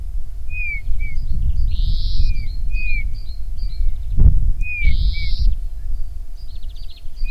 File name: Pyrrhula pyrrhula